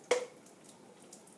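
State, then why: Seated. A rinsed cap is pushed onto a plastic water cup that has just been filled, and it snaps on with one sharp click at 0.1 s. A few faint, soft ticks follow in a quiet background, and the cap is seated.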